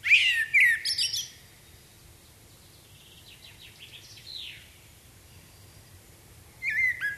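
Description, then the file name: Common blackbird song: a whistled phrase with a high twittering end, softer high notes in the pause, then another fluted phrase starting. "Turdus merula"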